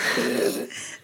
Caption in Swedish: Det är gurglande snarkandet. Precis som någon som sover. För det är samma grej egentligen. De tappar tonus bakom sig varje.